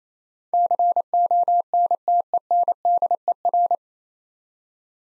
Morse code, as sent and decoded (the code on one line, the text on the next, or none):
-.-. --- -. - . -. -.. . .-.
CONTENDER